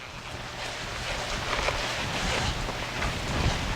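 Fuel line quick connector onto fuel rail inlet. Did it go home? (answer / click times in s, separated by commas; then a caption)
no / none. A fuel line quick-connect fitting is pushed onto the metal fuel rail inlet pipe during a valve lifter and head gasket replacement on a Buick Rainier, Chevy Tahoe, GMC Yukon, Cadillac or Pontiac. For 3.8 seconds only a steady, rushing broadband noise with gentle rises in level is heard, with no distinct snap. The connector has not snapped into place yet, so it has to be pushed on again.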